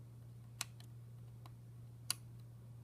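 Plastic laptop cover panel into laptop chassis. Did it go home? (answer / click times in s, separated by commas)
yes / 0.6 s, 2.1 s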